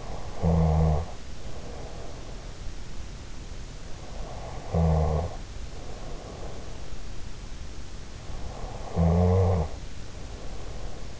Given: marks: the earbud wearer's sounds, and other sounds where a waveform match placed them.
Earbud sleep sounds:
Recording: sounds in sleep by an in-ear microphone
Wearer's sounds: snoring breath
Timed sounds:
0.00-2.35 s: snoring breath
4.19-6.91 s: snoring breath
8.41-11.20 s: snoring breath

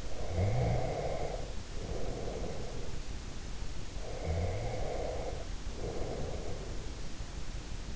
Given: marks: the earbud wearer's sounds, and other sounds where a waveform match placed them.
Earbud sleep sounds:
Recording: sounds in sleep by an in-ear microphone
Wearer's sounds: snoring breath, breath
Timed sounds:
0.00-3.21 s: snoring breath
4.03-7.06 s: breath

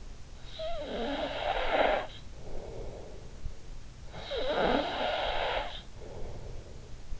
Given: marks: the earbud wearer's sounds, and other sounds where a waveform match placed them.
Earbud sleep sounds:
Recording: sounds in sleep by an in-ear microphone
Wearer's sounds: snoring breath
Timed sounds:
0.37-3.52 s: snoring breath
3.77-7.20 s: snoring breath

